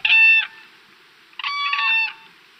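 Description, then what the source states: Whooping crane calls, two loud, clear trumpeting notes rich in harmonics, a short one first and then a longer, doubled call after a brief pause. A sound gone from the Louisiana wetlands for half a century; the endangered whooping crane is being reintroduced to Louisiana.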